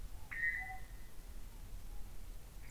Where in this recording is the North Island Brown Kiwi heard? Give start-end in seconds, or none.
none